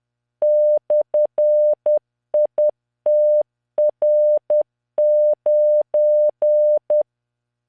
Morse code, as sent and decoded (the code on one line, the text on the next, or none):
-..-. .. - .-. ----.
/ITR9